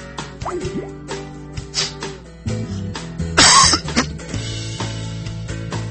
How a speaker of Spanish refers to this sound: perdón, uno no debe toser en el aire.